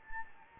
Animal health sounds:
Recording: mosquito wingbeat signal from an infrared sensor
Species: Anopheles gambiae

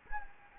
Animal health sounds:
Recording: mosquito wingbeat signal from an infrared sensor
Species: Anopheles gambiae

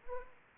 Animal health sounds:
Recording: mosquito wingbeat signal from an infrared sensor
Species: Anopheles arabiensis

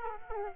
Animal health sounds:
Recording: mosquito wingbeat signal from an infrared sensor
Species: Aedes aegypti

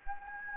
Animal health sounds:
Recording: mosquito wingbeat signal from an infrared sensor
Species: Anopheles gambiae

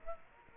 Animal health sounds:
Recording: mosquito wingbeat signal from an infrared sensor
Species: Culex quinquefasciatus

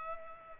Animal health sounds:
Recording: mosquito wingbeat signal from an infrared sensor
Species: Culex pipiens

